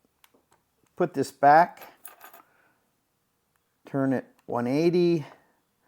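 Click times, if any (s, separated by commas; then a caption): none. A key in a padlock cylinder is turned 180 degrees and used to push the padlock core back into the padlock body during a factory reset, while someone talks and faint small handling taps are heard. The clip ends before the core goes home, and nothing has seated or clicked yet.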